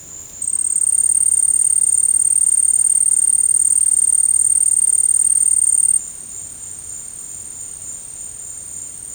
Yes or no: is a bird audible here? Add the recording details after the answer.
no. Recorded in secondary vegetation near Puerto Asís, Putumayo, Colombia, on 24 March 2025 at 14:30. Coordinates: 0.502, -76.326. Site G100